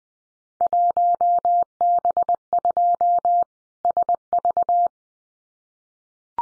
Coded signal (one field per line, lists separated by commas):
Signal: Morse code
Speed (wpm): 20 wpm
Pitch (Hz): 700 Hz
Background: none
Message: 1B2 SV